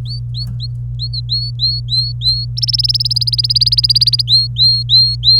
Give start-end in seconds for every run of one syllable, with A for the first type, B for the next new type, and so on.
0.06-0.67 A, 1.00-2.45 A, 2.57-4.22 B, 4.28-5.40 A